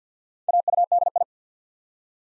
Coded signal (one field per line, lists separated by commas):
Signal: Morse code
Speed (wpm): 48 wpm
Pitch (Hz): 700 Hz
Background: none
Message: AUDI